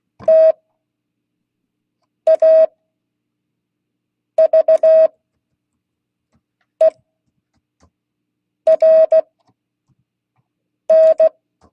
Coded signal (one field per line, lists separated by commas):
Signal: Morse code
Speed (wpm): 16 wpm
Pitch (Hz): 640 Hz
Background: none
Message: TAVERN